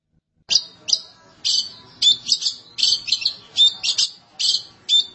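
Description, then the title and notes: Long-tailed Shrike calling with harsh, grating squawks, single or doubled, repeated at short uneven intervals against a quiet background. "Pentet 201703. Suara burung pentet"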